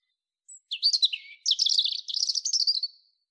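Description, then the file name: European robin song: a single very high thin note, then a long liquid warble of rapid twittering notes. "Erithacus rubecula"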